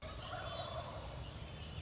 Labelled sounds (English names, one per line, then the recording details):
Wild Turkey
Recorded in Sonoma County, California